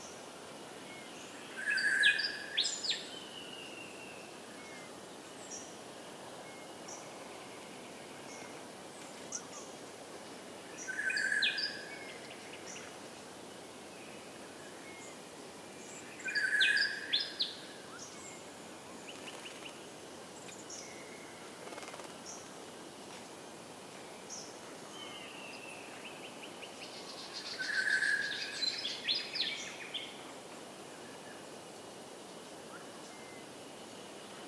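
Birdsong just after dawn near Dayboro: four short bursts of bright calls at roughly even intervals, over a steady faint hiss.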